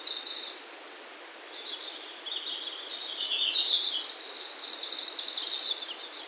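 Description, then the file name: Red-flanked bluetail song: a short high note, then a long warbling run of thin notes rising and falling around one pitch, over a steady hiss. "ruribi"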